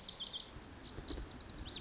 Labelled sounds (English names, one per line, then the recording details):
Lazuli Bunting
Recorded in Sonoma County, California